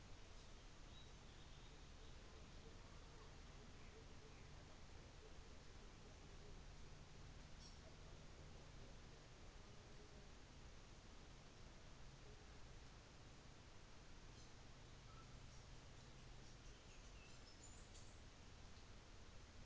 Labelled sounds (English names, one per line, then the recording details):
New Zealand Fantail
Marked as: faintness 3/5
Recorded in New Zealand on 24 December 2018
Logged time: 15:00